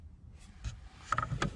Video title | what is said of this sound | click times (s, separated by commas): J&L Oil Separator Co. 2005-2019 Nissan Frontier 4.0L Install 3109P | the clip to release it. You'll hear it click. | 1.1 s, 1.2 s